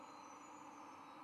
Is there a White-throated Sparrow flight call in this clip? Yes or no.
no